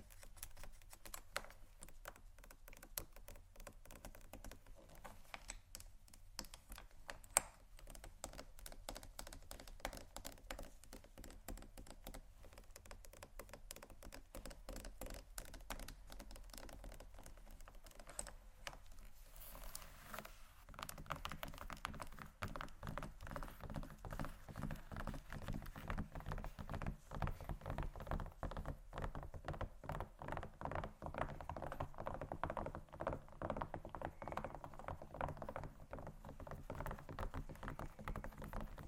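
Fingers tap and scratch on leather bags in quick, irregular clusters of dry clicks, like typing. The first twenty seconds are sparse and light. After about the twenty-second mark the scratching turns dense and continuous, a fuller rustling texture that holds to the end.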